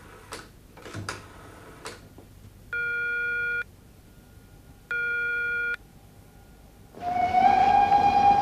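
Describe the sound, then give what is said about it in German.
Express train to Rostock at a station platform: a few sharp clicks, two identical steady electronic tones with a pause between, then a loud rush of train noise with a high sustained squeal. “Zum D-Zug nach Rostock, bitte ein.”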